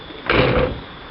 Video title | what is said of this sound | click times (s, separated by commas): Part 2 INSTALL Door Frame Weather Seals | as you see it doesn't latch all the way | 0.3 s